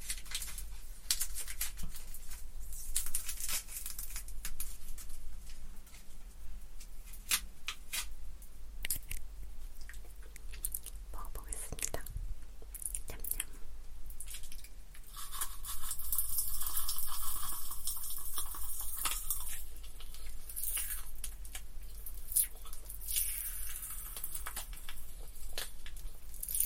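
Popping candy crackles and snaps for the whole clip, a dense, bright fizz of tiny pops with sharper clicks scattered throughout. The crackling swells and grows busier around the middle, from about 15 to 18 seconds. A low, steady hum sits underneath.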